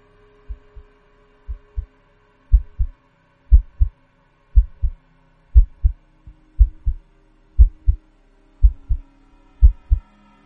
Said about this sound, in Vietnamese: Cô tựa lưng vào vách tường, bây giờ cô cơ hồ nghe rõ nhịp tim của mình tựa hồ như đang đập bình bịch, không thể nào mà khống chế nổi.